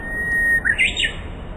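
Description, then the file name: Japanese bush warbler song: a long steady whistled note, then a quick rising and falling flourish of brighter notes, over low steady background hiss. "uguisu"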